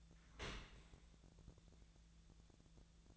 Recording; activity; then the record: daily activity, microphone in the room; open dishwasher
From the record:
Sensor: 3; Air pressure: 1000.5 hPa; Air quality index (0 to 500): 177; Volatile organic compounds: 3 ppm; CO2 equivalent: 1532 ppm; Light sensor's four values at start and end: 13/36/14/15 and 13/36/14/15